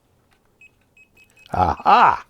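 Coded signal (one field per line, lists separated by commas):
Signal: none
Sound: a voltage tester's beeps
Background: speech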